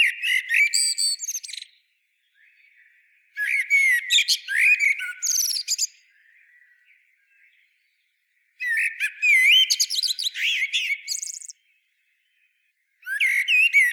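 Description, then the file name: Common blackbird giving four separate song phrases of fluty slurs mixed with scratchy high twitters, with pauses between them. "Turdus merula"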